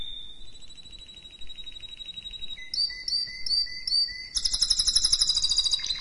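Canary singing a long steady trill, then a series of separate whistled notes about every half second, ending in a loud, fast, buzzy roll.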